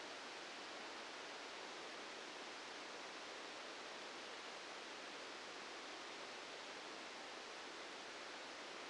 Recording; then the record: brain microelectrode recording played as sound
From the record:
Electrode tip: outside the subthalamic nucleus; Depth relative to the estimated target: -3 mm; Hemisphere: left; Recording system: NeuroSet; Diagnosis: Parkinson's disease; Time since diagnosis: 8 years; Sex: male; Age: 65 years